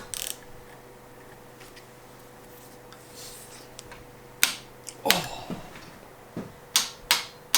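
A torque wrench with a 4 mm bit, set to 5 Nm, tightens a bolt on a mountain bike until it clicks. The wrench's sharp click comes at 4.4 s, followed by more sharp ticks and clicks near 5.1, 7.1 and 7.6 s. The wrench reaches its set torque at 4.4 s.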